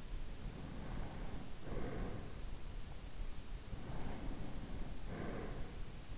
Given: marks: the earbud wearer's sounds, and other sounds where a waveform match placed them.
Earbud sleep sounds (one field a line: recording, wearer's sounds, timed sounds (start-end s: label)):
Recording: sounds in sleep by an in-ear microphone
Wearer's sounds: breath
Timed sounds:
0.68-2.46 s: breath
3.75-5.83 s: breath